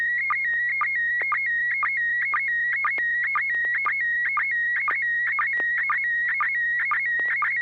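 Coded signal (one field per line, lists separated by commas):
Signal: SSTV (slow-scan television)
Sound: steady warbling high tone with rapid regular chirping clicks, about two per second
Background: low hum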